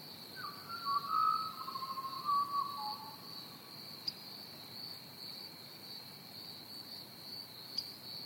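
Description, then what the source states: Cricket chorus of continuous high trilling, with a pied butcherbird's whistled phrases early on and two sharp clicks later. Recorded together with a pied butcherbird.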